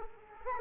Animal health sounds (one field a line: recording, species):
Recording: mosquito wingbeat signal from an infrared sensor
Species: Culex quinquefasciatus